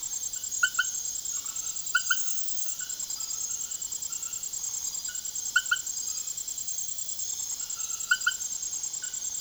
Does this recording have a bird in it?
no